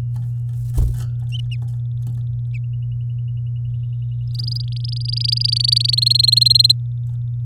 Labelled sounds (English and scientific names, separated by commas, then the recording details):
Domestic Canary (Serinus canaria) song
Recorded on 9 May 2018 at 08:53
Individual llb16